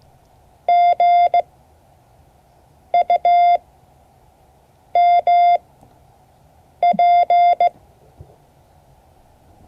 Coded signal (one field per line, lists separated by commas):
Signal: Morse code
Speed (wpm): 15 wpm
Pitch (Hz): 700 Hz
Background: none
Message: G U M P